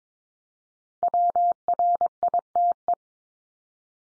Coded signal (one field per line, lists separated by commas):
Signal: Morse code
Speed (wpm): 22 wpm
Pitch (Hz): 700 Hz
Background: none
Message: WRITE